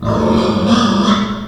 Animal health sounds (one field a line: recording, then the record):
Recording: squeal of a Yucatan mini pig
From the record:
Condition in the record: after surgery on the right vocal fold (resection and tissue-engineered implant)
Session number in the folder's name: 17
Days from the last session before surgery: 195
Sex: female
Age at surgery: 19 weeks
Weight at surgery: 25 kg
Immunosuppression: prednisolone